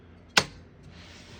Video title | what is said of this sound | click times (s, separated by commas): How to use all functions on a 1958 Remington Travel-Riter vintage portable typewriter | Carriage release behind each knob and it has a locking mechanism right now it's locked into place | 0.4 s